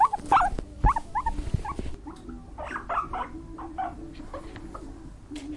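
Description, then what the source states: Guinea pig squeaks: several sharp, bending squeals at first, then softer, scattered squeaks over a low rustling background. Angry.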